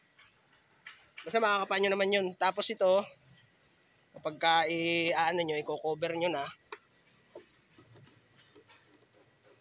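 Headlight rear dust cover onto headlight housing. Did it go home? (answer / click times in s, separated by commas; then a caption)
yes / 6.7 s. A plastic rear dust cover is put back over the headlight bulb opening on a Ford Everest headlight housing while replacing the high beam bulb. Someone talks, then a sharp click at 6.7 s is followed by faint handling noise. The cover's lock engages and it sits tight on the housing.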